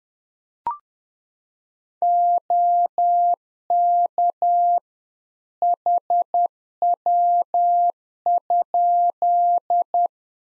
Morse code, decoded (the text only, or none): OK HW?